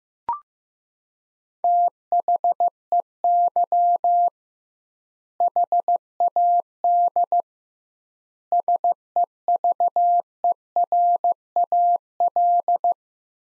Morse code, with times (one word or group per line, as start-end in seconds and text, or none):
1.6-4.3 THEY
5.4-7.4 HAD
8.5-12.9 SEVERAL